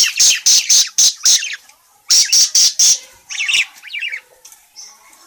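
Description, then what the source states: Parakeet calls: harsh, high squawks in two fast bursts of several notes each, followed by softer chattering twitters. Calling; described as gacor, meaning it calls vigorously and often.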